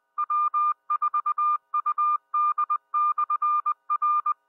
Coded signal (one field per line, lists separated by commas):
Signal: Morse code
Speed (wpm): 20 wpm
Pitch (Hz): 1200 Hz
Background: music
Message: W4UD/R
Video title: Bristol 2 Meter Net 05-07-19